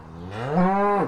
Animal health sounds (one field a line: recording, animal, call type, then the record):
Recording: contact call of a hoofed animal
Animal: cattle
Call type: low-frequency (closed-mouth) or high-frequency (open-mouth) call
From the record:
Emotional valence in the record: negative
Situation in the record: full separation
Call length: 1.08 s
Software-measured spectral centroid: 1070 Hz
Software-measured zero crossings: 1240 a second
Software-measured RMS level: -23 dBFS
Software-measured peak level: -10 dBFS